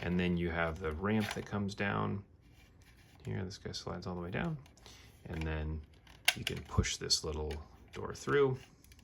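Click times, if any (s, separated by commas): none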